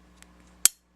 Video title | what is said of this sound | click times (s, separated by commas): What makes a semi auto pistol SAFE? | snaps forward and look | 0.6 s